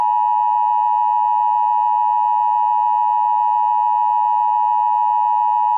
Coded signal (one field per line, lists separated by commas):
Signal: Emergency Alert System (SAME) tones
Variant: 853 and 960 Hz attention tone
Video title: Push The Button: An EAS Scenario